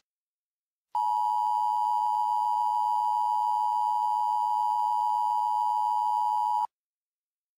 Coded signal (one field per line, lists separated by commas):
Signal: Emergency Alert System (SAME) tones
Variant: 853 and 960 Hz attention tone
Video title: EAS Mock 19: Biomass